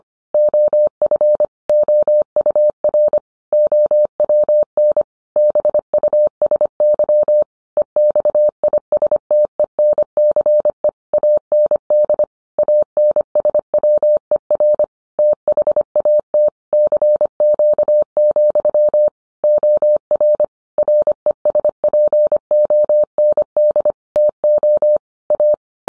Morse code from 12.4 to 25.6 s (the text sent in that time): ANSWER THAT CQ, OR RESPOND TO A